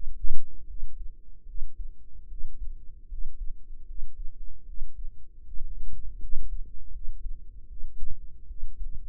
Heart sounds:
heart sounds by microphone in the right ear; 77 bpm
0.65 s: heartbeat
1.44 s: heartbeat
2.26 s: heartbeat
3.07 s: heartbeat
3.84 s: heartbeat
4.64 s: heartbeat
5.43 s: heartbeat
6.18 s: heartbeat
6.90 s: heartbeat
7.66 s: heartbeat
8.45 s: heartbeat
From the record:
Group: healthy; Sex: female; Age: 19 years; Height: 163 cm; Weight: 48.9 kg

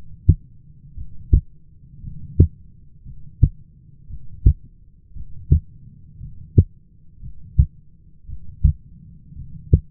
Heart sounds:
heart sounds by stethoscope; 57 bpm
0.96 s: heartbeat
2.02 s: heartbeat
3.04 s: heartbeat
4.08 s: heartbeat
5.14 s: heartbeat
6.19 s: heartbeat
7.21 s: heartbeat
8.27 s: heartbeat
9.35 s: heartbeat
From the record:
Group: heart failure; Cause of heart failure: dilated cardiomyopathy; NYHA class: 2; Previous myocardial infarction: absent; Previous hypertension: absent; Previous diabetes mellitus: absent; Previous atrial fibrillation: absent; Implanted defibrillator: absent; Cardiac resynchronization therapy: absent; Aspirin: absent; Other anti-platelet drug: absent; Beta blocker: bisoprolol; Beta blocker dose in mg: 10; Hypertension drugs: sacubitril-valsartan, spironolactone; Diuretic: furosemide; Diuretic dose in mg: 40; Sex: male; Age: 29 years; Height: 174 cm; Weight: 92 kg

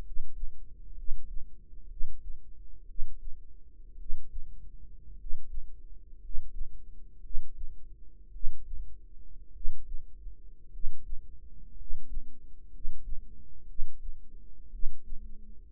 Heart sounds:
heart sounds by microphone in the right ear; 57 bpm
0.93 s: heartbeat
1.86 s: heartbeat
2.84 s: heartbeat
3.95 s: heartbeat
5.15 s: heartbeat
6.18 s: heartbeat
7.20 s: heartbeat
8.30 s: heartbeat
9.50 s: heartbeat
10.69 s: heartbeat
11.74 s: heartbeat
12.69 s: heartbeat
13.65 s: heartbeat
14.69 s: heartbeat
From the record:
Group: healthy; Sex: male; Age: 25 years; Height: 170 cm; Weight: 70.4 kg

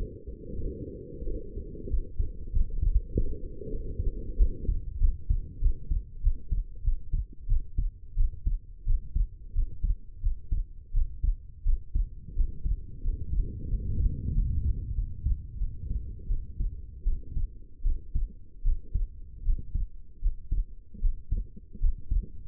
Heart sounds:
heart sounds by stethoscope; 88 bpm
0.61 s: heartbeat
1.26 s: heartbeat
1.89 s: heartbeat
2.52 s: heartbeat
3.14 s: heartbeat
3.71 s: heartbeat
4.37 s: heartbeat
4.99 s: heartbeat
5.61 s: heartbeat
6.22 s: heartbeat
6.83 s: heartbeat
7.47 s: heartbeat
8.15 s: heartbeat
8.85 s: heartbeat
9.53 s: heartbeat
10.21 s: heartbeat
10.92 s: heartbeat
11.64 s: heartbeat
12.35 s: heartbeat
13.02 s: heartbeat
13.69 s: heartbeat
14.33 s: heartbeat
14.95 s: heartbeat
15.58 s: heartbeat
16.28 s: heartbeat
17.04 s: heartbeat
17.83 s: heartbeat
18.63 s: heartbeat
19.43 s: heartbeat
20.20 s: heartbeat
21.00 s: heartbeat
21.79 s: heartbeat
From the record:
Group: healthy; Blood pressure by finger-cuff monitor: 81/53 mmHg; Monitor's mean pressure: 62 mmHg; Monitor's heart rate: 89 bpm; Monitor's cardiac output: 6.5 L/min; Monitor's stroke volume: 75 mL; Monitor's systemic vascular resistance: 670 dyn s/cm5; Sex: female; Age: 19 years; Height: 163 cm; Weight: 51 kg

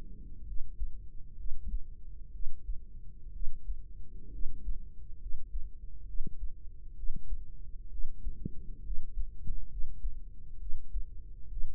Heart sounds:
heart sounds by microphone in the right ear; 65 bpm
0.43 s: heartbeat
1.35 s: heartbeat
2.30 s: heartbeat
3.30 s: heartbeat
4.29 s: heartbeat
5.17 s: heartbeat
6.04 s: heartbeat
6.93 s: heartbeat
7.88 s: heartbeat
8.81 s: heartbeat
9.67 s: heartbeat
10.57 s: heartbeat
11.47 s: heartbeat
From the record:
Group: healthy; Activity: rest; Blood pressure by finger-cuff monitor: 93/65 mmHg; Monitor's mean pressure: 75 mmHg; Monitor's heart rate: 64 bpm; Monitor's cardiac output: 4.9 L/min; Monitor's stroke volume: 78 mL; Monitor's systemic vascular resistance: 1120 dyn s/cm5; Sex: female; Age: 23 years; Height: 160 cm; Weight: 50.4 kg

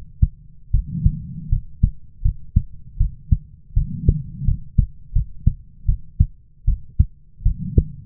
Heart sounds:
heart sounds by stethoscope; 80 bpm
0.71 s: heartbeat
1.49 s: heartbeat
2.22 s: heartbeat
2.98 s: heartbeat
3.74 s: heartbeat
4.45 s: heartbeat
5.13 s: heartbeat
5.86 s: heartbeat
6.65 s: heartbeat
7.43 s: heartbeat
From the record:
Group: healthy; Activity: rest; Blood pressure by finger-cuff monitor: 107/72 mmHg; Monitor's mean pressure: 84 mmHg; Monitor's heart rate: 79 bpm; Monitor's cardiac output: 6.6 L/min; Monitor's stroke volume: 81 mL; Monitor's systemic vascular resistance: 930 dyn s/cm5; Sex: female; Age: 22 years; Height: 157 cm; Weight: 47.6 kg

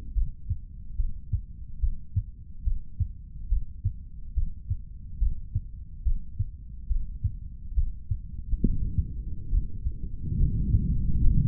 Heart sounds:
heart sounds by stethoscope; 71 bpm
0.14 s: heartbeat
0.96 s: heartbeat
1.80 s: heartbeat
2.64 s: heartbeat
3.49 s: heartbeat
4.34 s: heartbeat
5.19 s: heartbeat
6.03 s: heartbeat
6.88 s: heartbeat
7.75 s: heartbeat
8.61 s: heartbeat
9.50 s: heartbeat
10.37 s: heartbeat
11.19 s: heartbeat
From the record:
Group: healthy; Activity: breath hold 0-10 s, rest 10-12 s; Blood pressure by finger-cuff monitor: 107/76 mmHg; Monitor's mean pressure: 85 mmHg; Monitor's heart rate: 70 bpm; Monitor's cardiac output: 3.3 L/min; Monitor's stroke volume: 48 mL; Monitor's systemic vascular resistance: 1840 dyn s/cm5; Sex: male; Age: 55 years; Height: 167 cm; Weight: 57.2 kg

